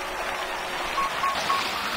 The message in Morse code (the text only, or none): none